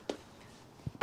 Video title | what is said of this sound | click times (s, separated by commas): Super73 72V Build // Enclosure & Wiring Pt.5 | they are going to line up to the top and just like that it snaps into place | 0.1 s, 1.0 s